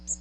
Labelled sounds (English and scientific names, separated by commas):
Magnolia Warbler (Setophaga magnolia) flight call